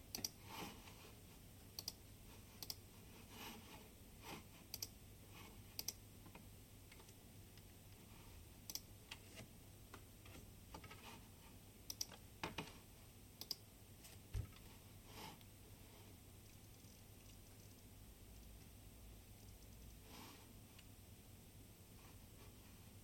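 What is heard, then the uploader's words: Keyboard typing in irregular bursts of sharp clicks, some keystrokes louder than others, over a steady low hum throughout. Typing sound. In CityU HK, School of creative media, pod.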